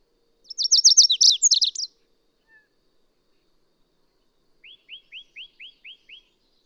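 Bird song: a rapid high twittering phrase for over a second, then after a pause a slower run of several lower chirps.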